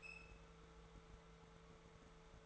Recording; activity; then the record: daily activity, microphone in the room; open fridge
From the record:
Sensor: 3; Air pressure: 1014.8 hPa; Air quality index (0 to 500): 198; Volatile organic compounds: 27 ppm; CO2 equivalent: 2886 ppm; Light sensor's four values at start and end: 13/32/13/13 and 13/31/13/13